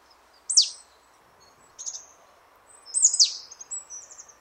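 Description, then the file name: Marsh tit calls: two sharp, steeply falling high notes with a brief buzzy note between them and a short chatter after the second, over a faint background hum. "Poecile palustris"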